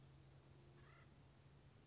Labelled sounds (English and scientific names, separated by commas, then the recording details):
Acorn Woodpecker (Melanerpes formicivorus)
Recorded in Sonoma County, California